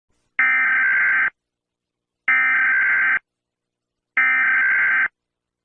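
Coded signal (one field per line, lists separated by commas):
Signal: Emergency Alert System (SAME) tones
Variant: header bursts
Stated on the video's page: Fictional EAS scenario about a world war, made up.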